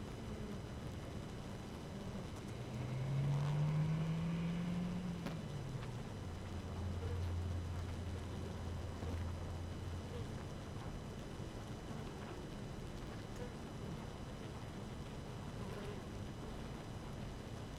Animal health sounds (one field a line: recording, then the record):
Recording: honeybee colony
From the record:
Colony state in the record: active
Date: 12 June 2018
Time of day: 5:05